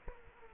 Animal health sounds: mosquito wingbeat signal from an infrared sensor; Culex quinquefasciatus

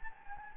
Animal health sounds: mosquito wingbeat signal from an infrared sensor; Anopheles gambiae

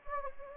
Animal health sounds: mosquito wingbeat signal from an infrared sensor; Anopheles gambiae

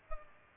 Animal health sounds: mosquito wingbeat signal from an infrared sensor; Culex pipiens

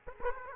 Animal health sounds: mosquito wingbeat signal from an infrared sensor; Aedes aegypti

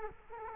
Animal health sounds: mosquito wingbeat signal from an infrared sensor; Culex quinquefasciatus

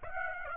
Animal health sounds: mosquito wingbeat signal from an infrared sensor; Aedes aegypti

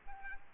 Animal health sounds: mosquito wingbeat signal from an infrared sensor; Aedes aegypti

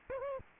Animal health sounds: mosquito wingbeat signal from an infrared sensor; Aedes aegypti

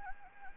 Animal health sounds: mosquito wingbeat signal from an infrared sensor; Anopheles gambiae

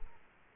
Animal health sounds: mosquito wingbeat signal from an infrared sensor; Culex quinquefasciatus

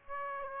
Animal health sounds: mosquito wingbeat signal from an infrared sensor; Aedes aegypti

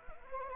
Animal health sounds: mosquito wingbeat signal from an infrared sensor; Anopheles arabiensis

